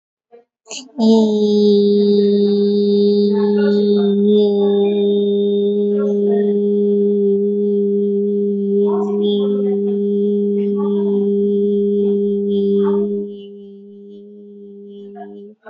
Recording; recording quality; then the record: sustained vowel as in beet; excellent, no background noise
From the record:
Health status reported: COVID-19 positive, mild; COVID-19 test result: positive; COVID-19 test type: RT-PCR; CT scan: not taken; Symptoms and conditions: cough, cold, sore throat, fatigue, muscle pain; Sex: female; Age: 28 years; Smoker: no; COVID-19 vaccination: none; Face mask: worn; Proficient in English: yes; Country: India